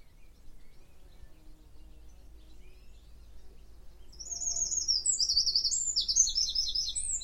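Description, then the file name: Eurasian wren begins singing midway, a loud, fast, high-pitched trilling and twittering phrase that runs to the end after quiet background. "Troglodytes troglodytes"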